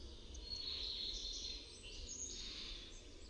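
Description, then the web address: European pied flycatcher calling: faint, thin, high chirps in a loose series over steady low rumbling background noise. "birdsounds MUCHOLOWKAZALOBNA"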